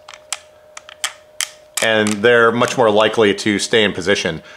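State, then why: Seated. The toothed slotted piece of a wheelchair joystick swing-away mechanism is fitted against the toothed bracket that goes into the chair's armrest. Sharp clicks at 0.3, 1.1 and 1.4 seconds mark the teeth snapping into place, seating the piece so it stays in position. Someone then talks from about 1.8 seconds to the end.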